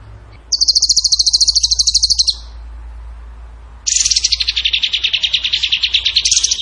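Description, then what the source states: Bird song of fast, high buzzy trills: one steady trill of nearly two seconds, a pause, then a longer, lower, wavering rattling trill. Training song (masteran) in the tembakan gacor style.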